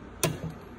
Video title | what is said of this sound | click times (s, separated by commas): Secrets Behind Mercury Shift Shaft Alignment | neutral and feel it click | 0.2 s